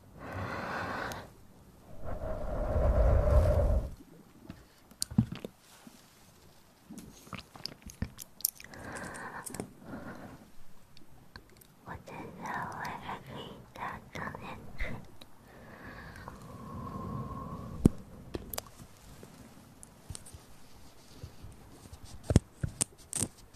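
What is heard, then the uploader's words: Ear massage and mouth sounds: a heavy, muffled rubbing rumble fills the first four seconds, then quiet stretches broken by frequent sharp clicks, pops and soft squishy smacks. Some wet, wavering mouth noises drift through the middle. Ear Massage & Mouth Sounds.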